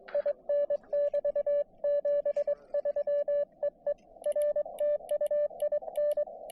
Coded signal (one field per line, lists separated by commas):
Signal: Morse code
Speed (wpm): 24 wpm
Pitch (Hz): 590 Hz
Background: radio noise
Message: IN <BT> 73 EE R TU IN